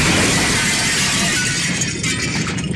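A bomb explosion as a book, a Kleiner Brockhaus lexicon volume L to Z in a parcel, is taken from its blue cardboard slipcase and opened: a loud, dense roar of rumbling blast noise mixed with crackling, shattering debris, holding steady for a few seconds before thinning slightly at the end. No voices.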